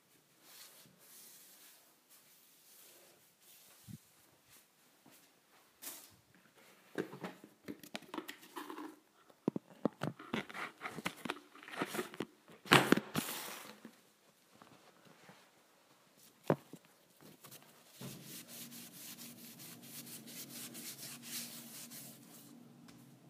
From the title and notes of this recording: ASMR Cleaning Kitchen Appliances.